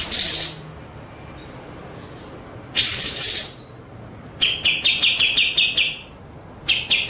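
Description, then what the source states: White-rumped shama gives two harsh, noisy high bursts, then a quick stuttering trill run and the start of another, with quiet gaps and a faint hum. Masteran (training) track of full song in the ngerol (rolling) and nembak (shooting) styles.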